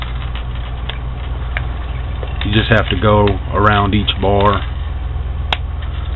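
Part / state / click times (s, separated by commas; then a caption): lantern chimney into lantern base lock / seated / 5.5 s. Someone talks while pulling open the telescoping metal chimney of a UCO Micro Candle Lantern and working it around each bar of the lantern base. A sharp click at 5.5 s marks the chimney locking into its open position, so it no longer falls back down.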